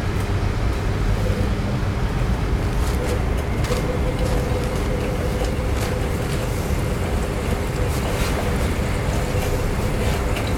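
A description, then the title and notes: A laundromat's steady low rumble of running machines, with a faint constant whine and scattered brief clinks and taps throughout. LAUNDROMAT.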